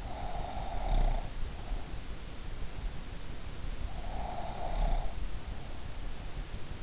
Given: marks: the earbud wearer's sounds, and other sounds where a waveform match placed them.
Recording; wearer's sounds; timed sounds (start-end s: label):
sounds in sleep by an in-ear microphone; snoring breath
0.00-1.79 s: snoring breath
3.94-5.75 s: snoring breath